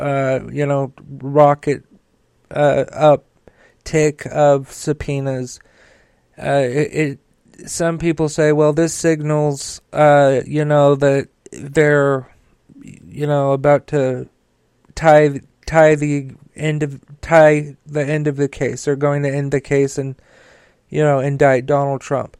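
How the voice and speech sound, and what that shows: A man speaks slowly in short bursts with long pauses, frequent drawn-out fillers ('uh', 'you know') and repeated words and phrases ('it, it', 'tie tie the end of, tie the end of'). These disfluencies fit stuttering from a speech impediment; he sometimes stutters and slurs, though clear slurring is not obvious here.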